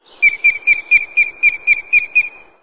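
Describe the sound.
Booted eagle giving a shrill whistled call: about nine short, evenly spaced high notes, roughly four per second, steady in pitch, on a quiet background.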